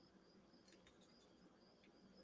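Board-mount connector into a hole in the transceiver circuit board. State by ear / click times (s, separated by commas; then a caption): not seated / none. A board-mount connector, its locating notch trimmed down, is pressed into a slightly undersized hole in the circuit board of a 40-meter amateur radio transceiver. Faint scratchy handling ticks sound around 0.7 to 1.2 seconds over a quiet background hiss. Nothing has seated or clicked yet.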